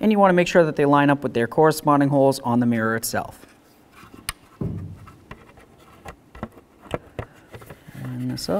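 Someone talks while lining up the push clips on a plastic interior mirror trim cover with their holes on a 2008-13 Mazda 3 side mirror door panel. Soft handling taps and rustles follow as the cover is fitted. Nothing has seated or clicked yet.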